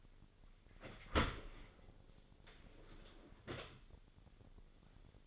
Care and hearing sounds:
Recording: daily activity, microphone in the room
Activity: open dishwasher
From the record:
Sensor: 4

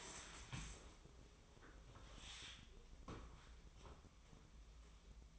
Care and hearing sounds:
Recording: daily activity, microphone in the room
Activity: stand up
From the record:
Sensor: 1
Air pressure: 1005.1 hPa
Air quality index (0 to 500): 123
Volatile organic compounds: 5 ppm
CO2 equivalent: 1720 ppm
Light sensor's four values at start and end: 11/26/10/11 and 10/24/10/10

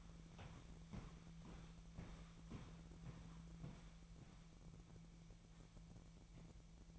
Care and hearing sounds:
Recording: daily activity, microphone in the room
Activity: walk to room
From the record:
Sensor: 1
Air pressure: 1012.3 hPa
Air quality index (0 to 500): 195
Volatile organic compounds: 4 ppm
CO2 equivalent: 1566 ppm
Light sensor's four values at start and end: 68/159/67/69 and 68/162/68/69

